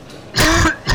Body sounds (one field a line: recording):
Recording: coughing mixed with background sound